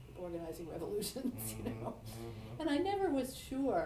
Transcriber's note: laughs